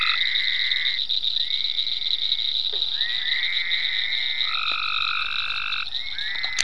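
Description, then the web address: Frogs give sustained trills, one after another with some overlap, over a steady high-pitched drone; a short downward squeak near the middle. Frogs in ponds at Venaura farm, recorded 27 May 2010. "ecolandtech venaurafarm frogs-in-ponds 5-27-010-Frogs"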